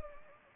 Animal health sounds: mosquito wingbeat signal from an infrared sensor; Anopheles gambiae

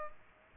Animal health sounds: mosquito wingbeat signal from an infrared sensor; Culex pipiens

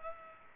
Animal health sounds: mosquito wingbeat signal from an infrared sensor; Culex pipiens

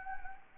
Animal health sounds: mosquito wingbeat signal from an infrared sensor; Anopheles gambiae

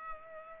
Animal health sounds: mosquito wingbeat signal from an infrared sensor; Culex pipiens

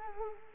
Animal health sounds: mosquito wingbeat signal from an infrared sensor; Culex quinquefasciatus

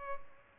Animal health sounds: mosquito wingbeat signal from an infrared sensor; Culex pipiens

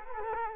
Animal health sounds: mosquito wingbeat signal from an infrared sensor; Culex quinquefasciatus

